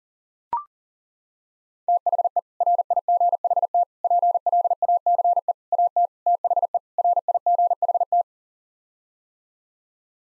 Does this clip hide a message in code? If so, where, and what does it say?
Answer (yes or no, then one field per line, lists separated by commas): yes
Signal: Morse code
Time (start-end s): 1.9-8.2 s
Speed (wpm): 37 wpm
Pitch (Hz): 700 Hz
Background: none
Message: THE RIGHT PLACE AT THE RIGHT